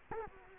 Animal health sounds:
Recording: mosquito wingbeat signal from an infrared sensor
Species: Culex quinquefasciatus

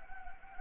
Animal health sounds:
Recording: mosquito wingbeat signal from an infrared sensor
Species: Anopheles gambiae

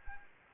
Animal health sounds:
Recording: mosquito wingbeat signal from an infrared sensor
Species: Anopheles arabiensis

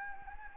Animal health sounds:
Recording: mosquito wingbeat signal from an infrared sensor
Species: Anopheles gambiae

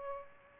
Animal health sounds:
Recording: mosquito wingbeat signal from an infrared sensor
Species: Aedes albopictus

